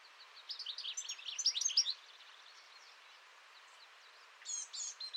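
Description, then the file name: European goldfinch song, a quick tinkling twitter of high buzzy and liquid notes in a burst, a pause, then a few more bright notes. "Chardonneret-élègant"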